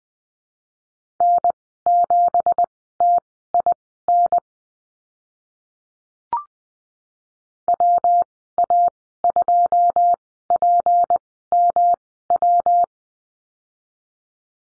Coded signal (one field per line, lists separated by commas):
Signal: Morse code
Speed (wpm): 20 wpm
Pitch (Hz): 700 Hz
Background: none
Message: N7TIN WA2PMW